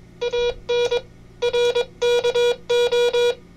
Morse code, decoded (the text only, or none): AN RKO